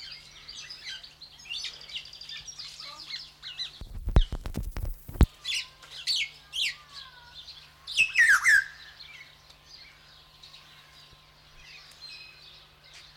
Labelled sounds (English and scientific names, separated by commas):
Black-naped Oriole (Oriolus chinensis)